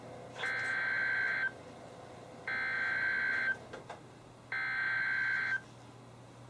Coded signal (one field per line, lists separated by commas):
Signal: Emergency Alert System (SAME) tones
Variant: header bursts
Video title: EAS #663-#670: More Flooding! | KHB36 & WNG736